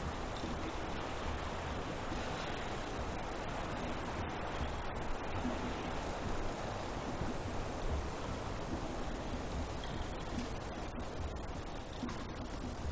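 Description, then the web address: Crickets give an unbroken, very high, thin ringing trill over a low rumble. Crickets in Montana. "montana 2000 Crickets"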